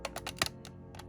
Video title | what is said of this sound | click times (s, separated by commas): Star Wars Micro Galaxy Squadron Razor Crest Review 2022 | and locks into place | 0.4 s